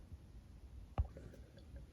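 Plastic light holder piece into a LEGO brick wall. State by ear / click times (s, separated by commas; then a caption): seated / 1.0 s. A plastic light holder piece for LED lights is pressed into a LEGO brick wall of a LEGO building and snaps into place. There is a single sharp click at 0.98 s, followed by a faint softer tick, over a low background hiss. The holder is seated in the wall.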